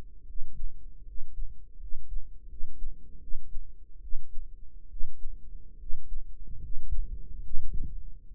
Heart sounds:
heart sounds by microphone in the right ear; 75 bpm
0.24 s: heartbeat
1.03 s: heartbeat
1.77 s: heartbeat
2.46 s: heartbeat
3.18 s: heartbeat
3.99 s: heartbeat
4.87 s: heartbeat
5.76 s: heartbeat
6.59 s: heartbeat
7.41 s: heartbeat
8.25 s: heartbeat
From the record:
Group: healthy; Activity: rest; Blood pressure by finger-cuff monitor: 100/71 mmHg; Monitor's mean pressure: 78 mmHg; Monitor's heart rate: 74 bpm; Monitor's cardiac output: 5.3 L/min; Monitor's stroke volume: 73 mL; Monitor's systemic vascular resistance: 1070 dyn s/cm5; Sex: male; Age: 21 years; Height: 170 cm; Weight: 71 kg

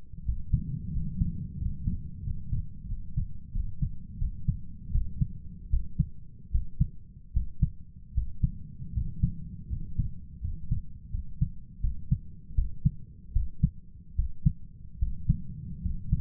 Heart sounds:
heart sounds by stethoscope; 81 bpm
0.24 s: heartbeat
0.92 s: heartbeat
1.57 s: heartbeat
2.23 s: heartbeat
2.87 s: heartbeat
3.51 s: heartbeat
4.18 s: heartbeat
4.91 s: heartbeat
5.69 s: heartbeat
6.50 s: heartbeat
7.32 s: heartbeat
8.13 s: heartbeat
8.92 s: heartbeat
9.68 s: heartbeat
10.40 s: heartbeat
11.10 s: heartbeat
11.80 s: heartbeat
12.54 s: heartbeat
13.32 s: heartbeat
14.14 s: heartbeat
14.98 s: heartbeat
15.81 s: heartbeat
From the record:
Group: healthy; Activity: rest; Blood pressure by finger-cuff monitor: 94/64 mmHg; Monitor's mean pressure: 74 mmHg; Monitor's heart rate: 77 bpm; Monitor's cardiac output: 6.6 L/min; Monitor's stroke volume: 83 mL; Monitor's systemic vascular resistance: 830 dyn s/cm5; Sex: male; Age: 23 years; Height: 178 cm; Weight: 96.6 kg

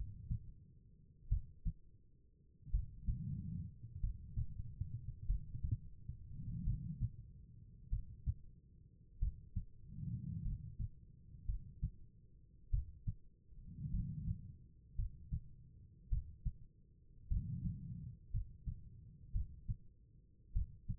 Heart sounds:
heart sounds by stethoscope; 50 bpm
1.29 s: heartbeat
2.71 s: heartbeat
4.01 s: heartbeat
5.27 s: heartbeat
6.64 s: heartbeat
7.90 s: heartbeat
9.19 s: heartbeat
10.43 s: heartbeat
11.46 s: heartbeat
12.71 s: heartbeat
13.91 s: heartbeat
14.96 s: heartbeat
16.09 s: heartbeat
17.28 s: heartbeat
18.31 s: heartbeat
19.32 s: heartbeat
20.53 s: heartbeat
From the record:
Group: healthy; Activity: rest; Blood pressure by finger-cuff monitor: 93/53 mmHg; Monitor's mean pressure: 68 mmHg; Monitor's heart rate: 48 bpm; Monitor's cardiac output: 4.2 L/min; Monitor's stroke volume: 91 mL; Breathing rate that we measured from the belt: 17 breaths a minute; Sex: female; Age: 36 years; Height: 163 cm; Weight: 88 kg

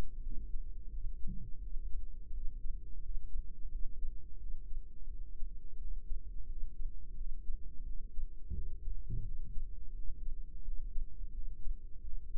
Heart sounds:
heart sounds by microphone in the right ear; 86 bpm
0.20 s: heartbeat
0.90 s: heartbeat
1.60 s: heartbeat
2.31 s: heartbeat
3.00 s: heartbeat
3.69 s: heartbeat
4.38 s: heartbeat
5.07 s: heartbeat
5.77 s: heartbeat
6.46 s: heartbeat
7.15 s: heartbeat
7.84 s: heartbeat
8.53 s: heartbeat
9.23 s: heartbeat
9.93 s: heartbeat
10.63 s: heartbeat
11.32 s: heartbeat
12.01 s: heartbeat
From the record:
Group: healthy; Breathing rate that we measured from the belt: 16 breaths a minute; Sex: female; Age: 51 years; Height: 162 cm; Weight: 70.04 kg

